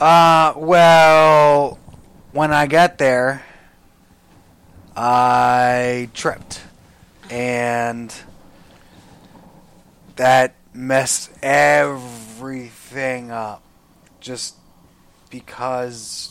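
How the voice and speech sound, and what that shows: Halting adult male speech with long pauses and drawn-out sounds between short phrases, typical of post-stroke aphasia.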